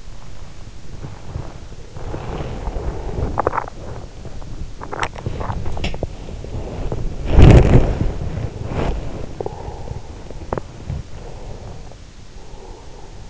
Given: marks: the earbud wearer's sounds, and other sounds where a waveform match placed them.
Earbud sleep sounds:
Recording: sounds in sleep by an in-ear microphone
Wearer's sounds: body movement, teeth grinding, breath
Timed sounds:
1.00-11.78 s: body movement
4.77-6.06 s: teeth grinding
11.23-13.30 s: breath

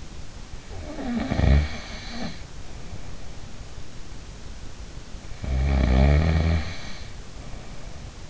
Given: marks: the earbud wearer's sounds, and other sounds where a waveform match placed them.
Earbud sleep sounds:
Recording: sounds in sleep by an in-ear microphone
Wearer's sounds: snoring breath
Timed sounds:
0.72-3.54 s: snoring breath
5.41-8.29 s: snoring breath

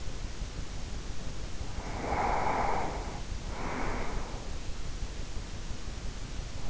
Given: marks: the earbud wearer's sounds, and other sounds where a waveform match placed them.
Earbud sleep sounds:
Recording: sounds in sleep by an in-ear microphone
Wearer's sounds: breath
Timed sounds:
1.69-4.81 s: breath

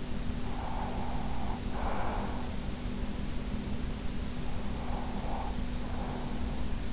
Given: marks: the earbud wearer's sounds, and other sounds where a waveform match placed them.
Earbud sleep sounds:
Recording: sounds in sleep by an in-ear microphone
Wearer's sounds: breath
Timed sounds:
0.47-2.64 s: breath
4.35-6.93 s: breath

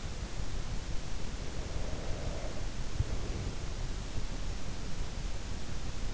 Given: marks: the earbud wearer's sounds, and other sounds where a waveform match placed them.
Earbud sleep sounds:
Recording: sounds in sleep by an in-ear microphone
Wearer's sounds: breath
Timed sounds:
1.07-3.90 s: breath

